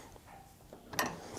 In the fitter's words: pry it on and see if it just it should pop. You should hear it go snap!